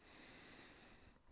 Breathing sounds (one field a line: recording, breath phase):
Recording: one breath near a microphone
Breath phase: inhalation